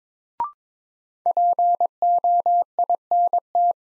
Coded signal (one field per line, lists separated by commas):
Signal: Morse code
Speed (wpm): 22 wpm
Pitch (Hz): 700 Hz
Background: none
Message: POINT